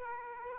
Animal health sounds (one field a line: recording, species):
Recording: mosquito wingbeat signal from an infrared sensor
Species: Aedes aegypti